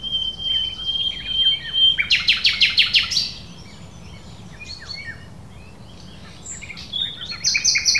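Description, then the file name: Common nightingale song opening with a steady whistle, then loud repeated harsh notes, a quiet pause, and further high whistled phrases. "Luscinia megarhynchos"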